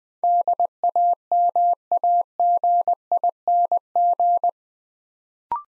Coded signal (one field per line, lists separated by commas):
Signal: Morse code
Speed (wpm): 20 wpm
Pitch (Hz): 700 Hz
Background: none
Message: DAMAGING